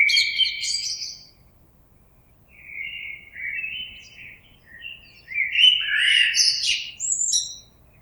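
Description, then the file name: Common blackbird song: a few mellow, warbled phrases separated by pauses, with high squeaky notes. Recorded on 26 April 2022. "Merle 2022 04 26"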